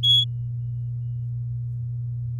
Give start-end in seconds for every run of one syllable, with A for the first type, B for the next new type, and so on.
0.03-0.24 A